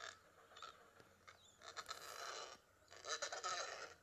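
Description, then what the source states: Adélie Penguin calls, rasping pulsed phrases in two main bouts. Antarctic penguin; its departure from the continent to begin life at sea marks 25 April.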